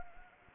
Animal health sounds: mosquito wingbeat signal from an infrared sensor; Anopheles gambiae

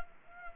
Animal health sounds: mosquito wingbeat signal from an infrared sensor; Culex pipiens

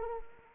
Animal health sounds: mosquito wingbeat signal from an infrared sensor; Anopheles arabiensis

